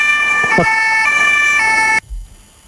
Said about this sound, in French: Et les sirènes, le bruit des sirènes, elle adore ça.